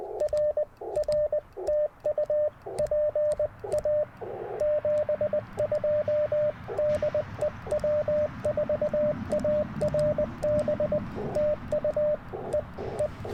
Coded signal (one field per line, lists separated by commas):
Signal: Morse code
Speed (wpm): 20 wpm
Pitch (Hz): 590 Hz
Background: radio noise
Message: R R TU PA 72 DE W4ARB TU E E